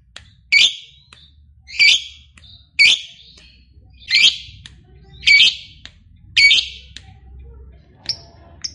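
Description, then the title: Lovebird giving loud, harsh squawky chirps roughly once a second, then a couple of thin high notes at the end. Recording used to prompt a lazy lovebird into eager, spontaneous singing. "LOVEBIRD Malas Bunyi JADI GREGET SPONTAN Langsung NARIK"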